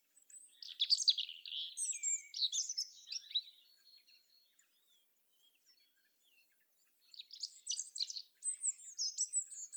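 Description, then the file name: European robin delivering a jumbled, high warbling phrase of quick slides and trills, falling quiet for a few seconds before another bright tinkling phrase. "Erithacus rubecula"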